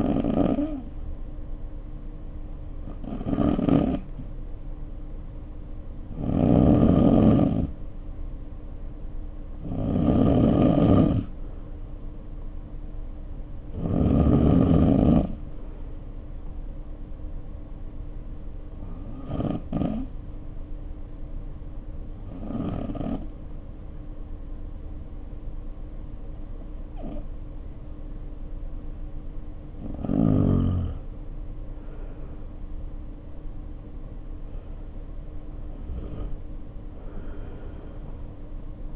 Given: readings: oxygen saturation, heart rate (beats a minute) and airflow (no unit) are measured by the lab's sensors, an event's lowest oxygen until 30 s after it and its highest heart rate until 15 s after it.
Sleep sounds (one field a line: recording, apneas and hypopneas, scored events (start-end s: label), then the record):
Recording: breathing in sleep by a smartphone at the bedside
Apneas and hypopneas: 1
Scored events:
21.00-33.40 s: hypopnea (N2, oxygen 94% highest, then 92% lowest, heart rate 57 at the start, 61 highest)
From the record:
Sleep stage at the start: N2 (light sleep)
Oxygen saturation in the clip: 86 to 94%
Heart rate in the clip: 51 to 61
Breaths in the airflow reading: 11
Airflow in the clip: -2.7 to 2.8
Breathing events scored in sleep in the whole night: 520 in 7.2 hours asleep